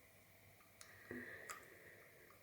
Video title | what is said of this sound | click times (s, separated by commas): My First Day With Invisalign | I heard the snaps. | 0.8 s, 1.1 s, 1.5 s